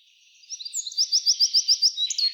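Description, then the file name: Eurasian wren singing a rapid, evenly pulsed high trill. "Troglodytes troglodytes"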